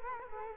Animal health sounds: mosquito wingbeat signal from an infrared sensor; Culex quinquefasciatus

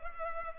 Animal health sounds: mosquito wingbeat signal from an infrared sensor; Culex pipiens

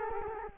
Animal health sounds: mosquito wingbeat signal from an infrared sensor; Culex quinquefasciatus

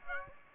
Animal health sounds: mosquito wingbeat signal from an infrared sensor; Aedes aegypti

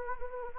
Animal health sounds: mosquito wingbeat signal from an infrared sensor; Anopheles gambiae

